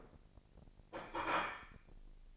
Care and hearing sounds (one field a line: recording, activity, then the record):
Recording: daily activity, microphone in the room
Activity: place plate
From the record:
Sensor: 5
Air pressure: 1007.5 hPa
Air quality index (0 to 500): 90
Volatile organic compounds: 1 ppm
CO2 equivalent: 708 ppm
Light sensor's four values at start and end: 31/72/29/29 and 31/72/29/29